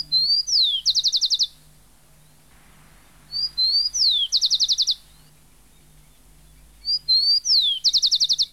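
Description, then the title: Rufous-collared sparrow song: a clear whistled note, a slurred descending whistle, then a fast dry trill, repeated three times about every three and a half seconds, low hum beneath. Found solitary, in pairs or small flocks; lives in almost all habitats, including rural areas, parks and gardens, well adapted to living near people; song simple and pleasant. "Museo de Ciencias de Bahía Blanca. Chingolo"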